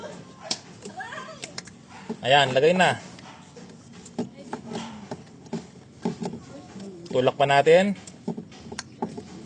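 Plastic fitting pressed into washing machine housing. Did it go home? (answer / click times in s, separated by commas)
yes / 8.8 s, 9.0 s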